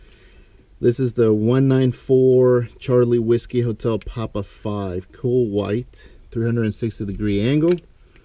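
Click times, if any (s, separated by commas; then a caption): none. Someone talks while holding a 194-type CWHP5 cool white, 360-degree LED wedge bulb, about to push it into a dash lamp socket on a Dodge Viper. The bulb is only being handled, and nothing has seated or clicked into the socket yet.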